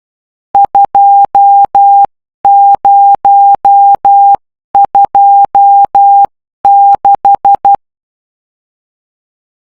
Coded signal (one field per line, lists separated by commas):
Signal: Morse code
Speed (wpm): 12 wpm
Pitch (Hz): 800 Hz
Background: none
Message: 2026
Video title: Morse code #bonelab #metaquest2 #gaming #quest2 #morsecode #Stinger2 #puzzle #mystery #solve #memes